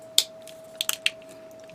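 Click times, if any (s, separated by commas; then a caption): 0.2 s. A plastic part of a Bandai 1/1000 Nazca Class Astro Strike Carrier Kiska model kit is pressed onto the spaceship hull and gives a sharp snap at 0.2 s, followed by fainter plastic ticks around 0.8, 0.9 and 1.1 s. The part snaps into place well but will still need glue.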